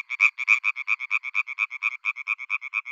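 European tree frog calling in a fast, steady series of short rasping pulses, about eight each second.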